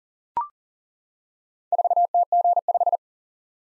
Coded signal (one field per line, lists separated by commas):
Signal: Morse code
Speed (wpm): 40 wpm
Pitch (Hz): 700 Hz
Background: none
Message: 4TG5